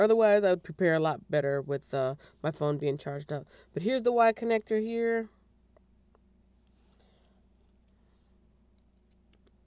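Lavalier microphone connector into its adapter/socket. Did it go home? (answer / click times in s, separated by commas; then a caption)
no / none. Someone talks for the first five seconds while handling the wired connector of a lavalier microphone as it is brought toward its adapter socket, followed by quiet with a few faint ticks. The connector has not seated or clicked into the socket yet.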